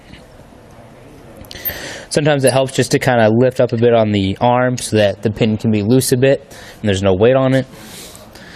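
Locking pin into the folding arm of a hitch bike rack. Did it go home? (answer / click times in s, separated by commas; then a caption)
no / none. A spring-loaded locking pin on the metal folding arm of a Hollywood Racks Trail Rider hitch bike rack for 2 bikes, mounted on a 2018 Mazda CX-9, is being handled with the arm lifted slightly to take weight off the pin. Someone talks over low background noise, with two brief sharp ticks near 1.5 s and faint ones near 8.2 s and 8.4 s. Nothing has seated or clicked yet.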